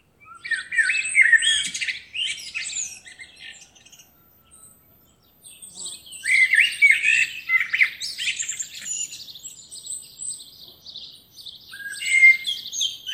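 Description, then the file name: Common blackbird singing in two long bursts of warbled and scratchy notes separated by a short silence. "Turdus merula"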